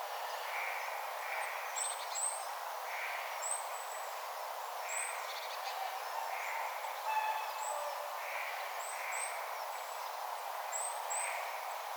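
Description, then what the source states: Tit calls from a flock: short high thin notes near the top of the range, repeated in scattered pairs, with soft lower chirps and steady background noise. Flock of tits calling, recorded 6 October 2025.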